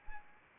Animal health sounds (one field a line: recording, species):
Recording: mosquito wingbeat signal from an infrared sensor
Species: Anopheles arabiensis